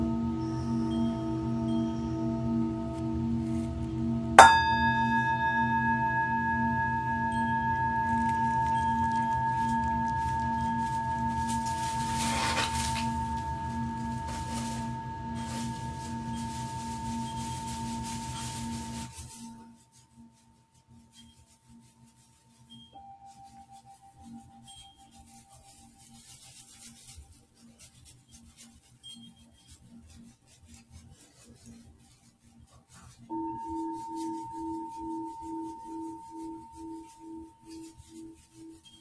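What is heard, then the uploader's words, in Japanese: A singing bowl rings with a sharp strike near four seconds, its steady humming tone fading out around twenty seconds before softer, pulsing tones return. 真夜中のシンギングボウルのサウンドヒーリング。チベタンシンギングボウルボウル。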